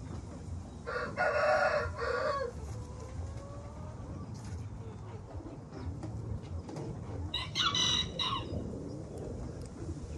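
Cubalaya chicken: a rooster crowing twice, a long harsh crow early and a shorter one later, over a low background hum.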